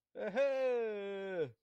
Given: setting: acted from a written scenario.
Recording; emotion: vocal sound without words; triumph